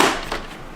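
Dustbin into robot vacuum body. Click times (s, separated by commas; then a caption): 0.3 s. A plastic dustbin is slid back into an iRobot Roomba robot vacuum with its arrows pointing forward and pushed gently until it clicks. After a loud broadband rustle at the start that fades, one sharp click sounds at 0.3 s. The dustbin is seated in place.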